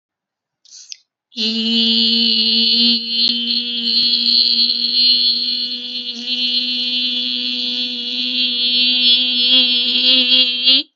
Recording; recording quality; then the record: sustained vowel as in beet; excellent, no background noise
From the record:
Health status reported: recovered from COVID-19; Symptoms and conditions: breathing difficulty, fever, fatigue, muscle pain, asthma, pneumonia, hypertension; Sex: female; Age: 49 years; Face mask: not worn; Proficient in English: yes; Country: India